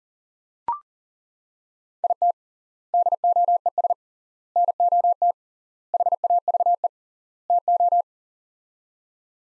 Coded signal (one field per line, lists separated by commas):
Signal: Morse code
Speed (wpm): 40 wpm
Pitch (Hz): 700 Hz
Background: none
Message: IT DOES NOT HAVE TO